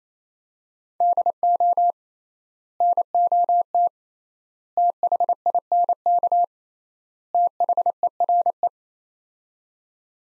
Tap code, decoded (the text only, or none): none